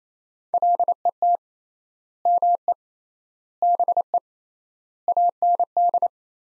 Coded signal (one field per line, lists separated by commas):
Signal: Morse code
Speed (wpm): 28 wpm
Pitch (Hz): 700 Hz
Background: none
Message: LET ME BE AND